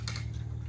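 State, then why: Seated. A mainsheet block on a small sailboat, which had come loose because it was not locked, is slid back onto its mounting fitting on the boat. It locks in place with a sharp click at 0.1 s, followed by a softer tap at 0.2 s. A steady low hum runs underneath throughout.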